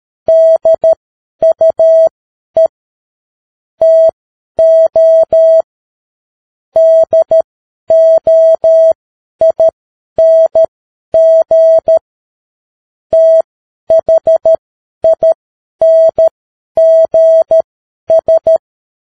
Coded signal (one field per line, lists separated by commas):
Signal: Morse code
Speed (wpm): 13 wpm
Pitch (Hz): 650 Hz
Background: none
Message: DUE TO DOING THINGS